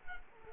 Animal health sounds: mosquito wingbeat signal from an infrared sensor; Culex quinquefasciatus

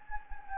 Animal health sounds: mosquito wingbeat signal from an infrared sensor; Anopheles gambiae

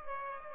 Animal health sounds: mosquito wingbeat signal from an infrared sensor; Aedes aegypti

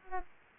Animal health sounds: mosquito wingbeat signal from an infrared sensor; Aedes aegypti

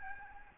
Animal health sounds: mosquito wingbeat signal from an infrared sensor; Aedes albopictus

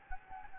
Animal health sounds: mosquito wingbeat signal from an infrared sensor; Anopheles gambiae

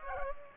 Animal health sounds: mosquito wingbeat signal from an infrared sensor; Culex pipiens

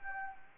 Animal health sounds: mosquito wingbeat signal from an infrared sensor; Anopheles gambiae

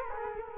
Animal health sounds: mosquito wingbeat signal from an infrared sensor; Culex quinquefasciatus

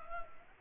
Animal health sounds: mosquito wingbeat signal from an infrared sensor; Culex quinquefasciatus

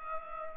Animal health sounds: mosquito wingbeat signal from an infrared sensor; Culex pipiens

